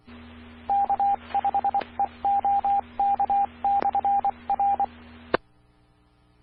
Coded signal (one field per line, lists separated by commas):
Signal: Morse code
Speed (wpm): 24 wpm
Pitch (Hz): 800 Hz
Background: radio noise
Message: K5EOK/R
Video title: 2015-05-06 - K5EOK 147.1350 MHz Edmond ARS Repeater